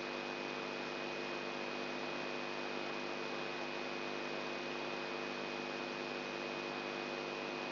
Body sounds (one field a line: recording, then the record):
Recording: brain microelectrode recording played as sound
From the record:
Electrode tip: outside the subthalamic nucleus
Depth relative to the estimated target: 3 mm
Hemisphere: right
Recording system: AlphaMap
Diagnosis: Parkinson's disease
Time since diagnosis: 11 years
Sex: male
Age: 67 years